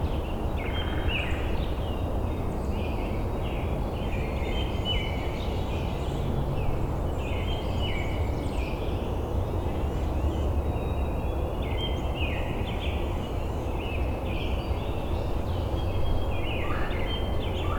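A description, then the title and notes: Birds chirp in quick, repeated bright bursts throughout, over a steady low rumble of background noise that stays constant the whole time. Original Bird Sounds from Cold Spring Park at Newton, Massachusetts. Sounds of birds chirping.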